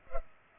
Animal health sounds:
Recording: mosquito wingbeat signal from an infrared sensor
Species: Culex pipiens

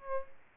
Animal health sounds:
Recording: mosquito wingbeat signal from an infrared sensor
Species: Aedes albopictus

